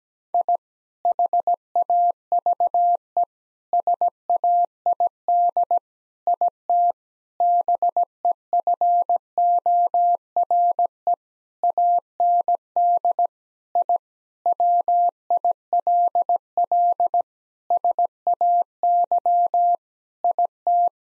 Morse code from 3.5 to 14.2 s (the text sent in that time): SAID IT BEFORE AND I